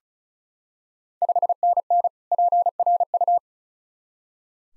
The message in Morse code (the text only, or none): 5NN PRU